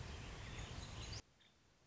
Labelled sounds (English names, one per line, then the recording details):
Nuttall's Woodpecker
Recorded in Sonoma County, California